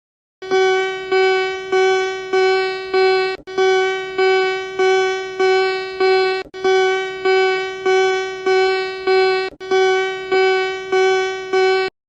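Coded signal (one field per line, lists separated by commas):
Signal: none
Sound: music tones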